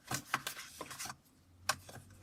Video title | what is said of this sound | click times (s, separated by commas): Motorola ATRIX 4G Laptop Dock Review | and you got to just snap it into place until you hear that click | 1.7 s